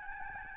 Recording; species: mosquito wingbeat signal from an infrared sensor; Aedes albopictus